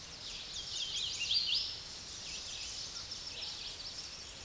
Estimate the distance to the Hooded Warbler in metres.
about 20 m